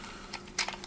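A plastic window/wall panel on a Thinkway Toys Wreck-It Ralph Fix-It Felix Jr. toy building playset is rotated back from the middle. A faint tick at 0.3 s leads to a sharp, bright click at 0.6 s, followed by softer taps up to 0.9 s. The panel clicks into position and is seated.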